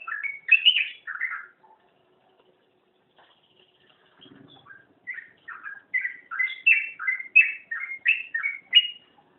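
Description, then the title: Oriental magpie-robin song with a burst of whistled, slurred notes, a short lull holding faint soft sounds, then a long varied run of bright whistles. "Kicau Kacer Durasi Panjang 1jam Lebih"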